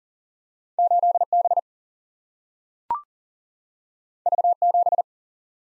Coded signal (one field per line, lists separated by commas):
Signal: Morse code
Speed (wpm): 40 wpm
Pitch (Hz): 700 Hz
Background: none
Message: 8B V7